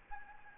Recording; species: mosquito wingbeat signal from an infrared sensor; Anopheles gambiae